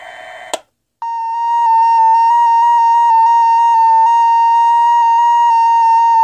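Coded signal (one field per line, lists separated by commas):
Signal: JS8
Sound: short burst of static, pause, then a steady buzzy tone warbling slightly in pitch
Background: radio static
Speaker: let's let's try it one more time see if we get a slightly different frequency I haven't quite learned how to control that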